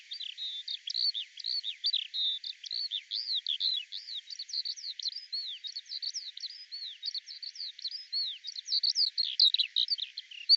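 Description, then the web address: Eurasian skylark in continuous song, with bubbling, repeated chirp notes and short trills strung together in an even, unbroken flow. "Deverinetal 2025 Bird Al Ar"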